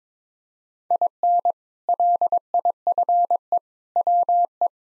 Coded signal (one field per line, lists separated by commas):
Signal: Morse code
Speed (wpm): 22 wpm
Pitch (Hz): 700 Hz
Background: none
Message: IN LIFE WE